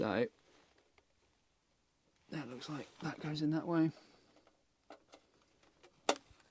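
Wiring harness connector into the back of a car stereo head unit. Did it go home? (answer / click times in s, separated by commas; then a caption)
yes / 6.1 s. Someone talks while lining up a plastic wiring-loom connector and pushing it into the back of a new stereo head unit being fitted in a Volkswagen Crafter van, with a few faint taps as it is handled. The connector seats with a sharp click at 6.1 s.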